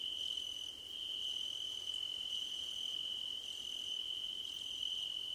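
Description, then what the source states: High steady cricket trill carries on throughout, with faint chirps repeating about once a second. Crickets at night under a starlit sky, presented as nighttime ambience for sleep and relaxation.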